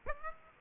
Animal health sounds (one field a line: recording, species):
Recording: mosquito wingbeat signal from an infrared sensor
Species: Aedes aegypti